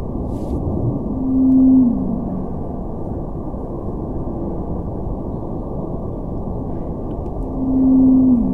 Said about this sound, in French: Là, on vient d'entendre 2 vocalises de baleine bleue antarctique. Donc il faut savoir que c'est des enregistrements qui sont accélérés pour qu'on puisse les écouter. C'est 5 fois plus lent en vrai. C'est des signaux qui sont émis à 27 Hz.